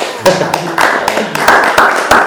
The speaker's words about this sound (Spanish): Bueno, un aplauso.